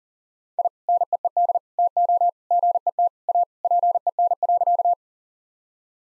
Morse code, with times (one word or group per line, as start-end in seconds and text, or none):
0.6-0.7 I
0.9-1.6 NEED
1.8-2.3 TO
2.5-3.1 GET
3.3-3.4 A
3.6-4.9 PEN.